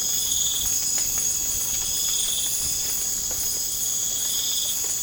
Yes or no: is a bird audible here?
no